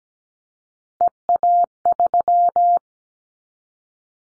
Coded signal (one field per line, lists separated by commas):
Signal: Morse code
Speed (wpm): 17 wpm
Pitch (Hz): 700 Hz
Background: none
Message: EA3